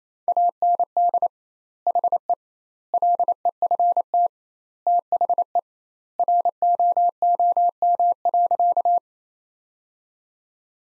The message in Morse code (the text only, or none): AND HE LEFT THE ROOM.